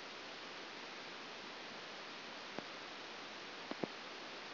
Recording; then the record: brain microelectrode recording played as sound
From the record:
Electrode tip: outside the subthalamic nucleus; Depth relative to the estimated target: 4 mm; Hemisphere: right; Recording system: AlphaMap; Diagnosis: Parkinson's disease